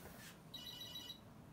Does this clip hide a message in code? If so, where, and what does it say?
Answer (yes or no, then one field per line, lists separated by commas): no